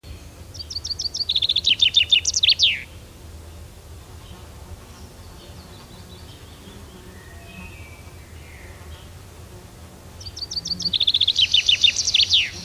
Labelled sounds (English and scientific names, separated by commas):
Common Chaffinch (Fringilla coelebs) song